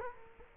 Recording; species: mosquito wingbeat signal from an infrared sensor; Culex quinquefasciatus